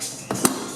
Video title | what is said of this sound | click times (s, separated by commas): Dewalt Rolling Cantilever Toolbox - keep your assets mobile | the way back locks | 0.3 s, 0.5 s